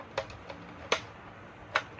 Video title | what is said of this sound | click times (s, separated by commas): LEXUS RX 350 HEADLIGHT PLASTICS REPAIR DIY - EPISODE - 5 | Okay, we'll be installing this part now. It should just slide in and pop into place. | 1.8 s